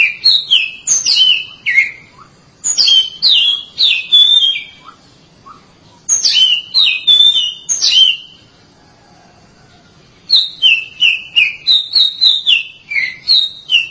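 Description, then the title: Oriental magpie-robin song: clear descending whistled notes in quick rhythmic phrases, four bursts split by brief silences. "Suara Kicauan Burung Kacer"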